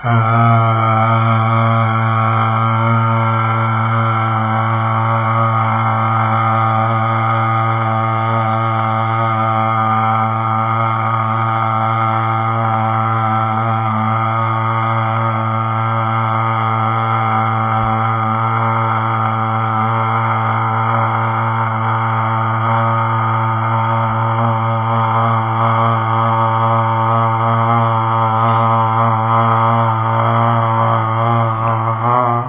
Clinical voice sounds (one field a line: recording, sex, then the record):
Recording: sustained vowel /a/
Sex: male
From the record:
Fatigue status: no fatigue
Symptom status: asymptomatic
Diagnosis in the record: COVID-19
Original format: 3gp